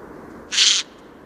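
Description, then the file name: Eurasian jay giving a single harsh, rasping screech lasting about a third of a second, over faint background hiss. "Garrulus glandarius"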